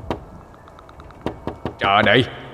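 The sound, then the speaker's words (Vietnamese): Several hard, sharp knocks on a door from outside land in an uneven, urgent rhythm, growing more violent, with a group of three coming quickly, followed by a brief loud burst of a voice crying out. “Không để cho tôi có phút giây bình yên nào, tiếng gõ cửa ngoài kia càng mạnh bạo, càng dồn dập hơn.”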